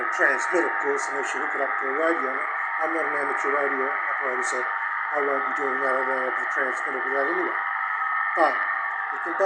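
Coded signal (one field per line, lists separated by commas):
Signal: FT8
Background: speech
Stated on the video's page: FT8 sent using minimal hardware.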